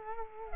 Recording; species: mosquito wingbeat signal from an infrared sensor; Culex quinquefasciatus